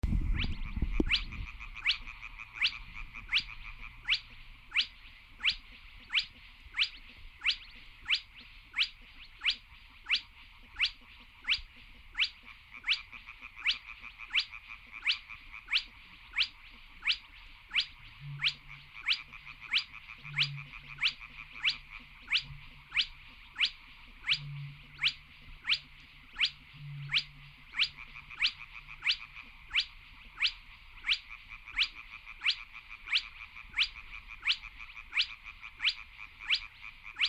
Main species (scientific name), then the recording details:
Porzana porzana. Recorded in the wild. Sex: male. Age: adult. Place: Kützerhof, Kummerower See, Mecklenburg-Vorpommern, DE. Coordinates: 53.8564, 12.86. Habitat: wetland. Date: 2009-05-07 23:25. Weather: bedeckt, windstill, ca. 10°C. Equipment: Sound Devices 702, Sennheiser MKH 70, Rycote Windschutz. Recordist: Frommolt, Karl-Heinz. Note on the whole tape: Große Rosin: Rufreihen einer Tüpfelralle. Entfernung ca. 10 m. Ruft in der Nähe von Station C